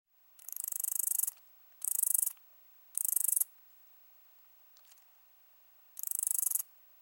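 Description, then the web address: Round-winged katydid song: high, dry buzzy bursts about half a second to a second long, four of them with pauses, plus one faint brief rasp. "Crickets and Katydids Roundwinged Katydid, Amblycorypha rotundifolia"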